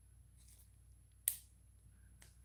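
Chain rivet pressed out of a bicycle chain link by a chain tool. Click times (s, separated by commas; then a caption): 1.3 s, 2.2 s. A bike chain tool is cranked down onto a steel rivet to push it out of a bicycle chain link. A sharp, loud pop sounds at 1.3 s, followed by a fainter second pop at 2.2 s. The rivet is released from the link.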